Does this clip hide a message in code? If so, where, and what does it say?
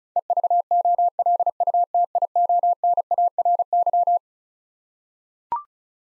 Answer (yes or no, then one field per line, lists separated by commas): yes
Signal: Morse code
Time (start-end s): 0.2-4.2 s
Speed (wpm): 36 wpm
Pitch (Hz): 700 Hz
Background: none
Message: EVOLUTIONARY